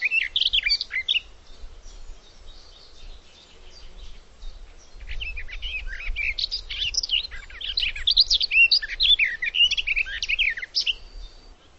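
Bird singing a fast, jumbled run of high chirps, trills and slurred twittering notes, pausing briefly midway, with low rumbling noise underneath.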